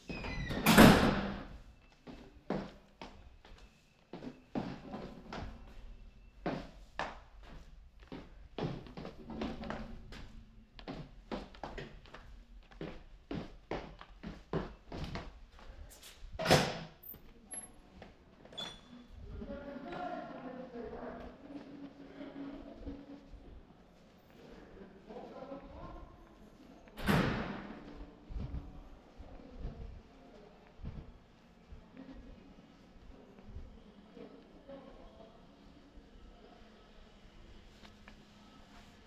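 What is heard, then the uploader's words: Sounds from the New Museum Triennial: a sharp bang opens the clip, then a run of quick knocks and clicks, with further loud thuds near 16 and 27 seconds. Murmured voices drift through the middle stretch over a low, steady hum. Sounds from the New Museum Triennial.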